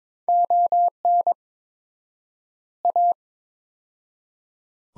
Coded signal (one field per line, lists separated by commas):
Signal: Morse code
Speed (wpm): 22 wpm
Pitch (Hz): 700 Hz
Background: none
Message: ON A